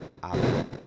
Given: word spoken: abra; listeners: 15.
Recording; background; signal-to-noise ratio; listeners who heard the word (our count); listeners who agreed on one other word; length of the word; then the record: one Spanish word in noise, from a listening test; noise modulated by one talker; -11.6 dB; 0 of 15; 7 of 15; 0.47 s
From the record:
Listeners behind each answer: 7, 3, 1, 1, 1, 1, 1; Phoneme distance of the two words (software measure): 10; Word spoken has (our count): 2 syllables, 4 phonemes, stress on syllable 1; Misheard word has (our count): 2 syllables, 4 phonemes, stress on syllable 1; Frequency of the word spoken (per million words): 6.88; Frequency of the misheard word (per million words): 108.79